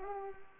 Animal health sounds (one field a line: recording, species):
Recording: mosquito wingbeat signal from an infrared sensor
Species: Culex pipiens